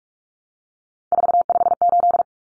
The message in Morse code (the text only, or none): 458